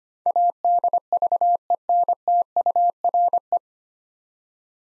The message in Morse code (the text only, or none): ADVENTURE